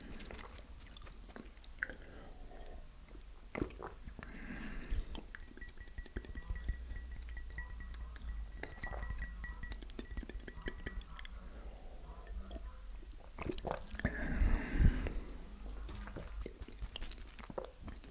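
Eating of pepperoni pizza, with wet chewing and biting. Sharp crunches and clicks pop out irregularly, loudest around 4–5 and 14–15 seconds, over a low constant hum, with a faint thin tone holding steady from about 5 to 11 seconds.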